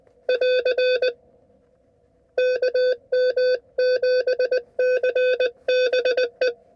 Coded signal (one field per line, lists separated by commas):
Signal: Morse code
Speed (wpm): 19 wpm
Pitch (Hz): 500 Hz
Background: none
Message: <AR> KM7CBE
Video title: Wind, Wire, and QRP — A CW POTA Activation at Montezuma’s Pass